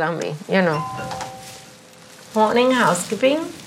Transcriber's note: soundbite of doorbell ringing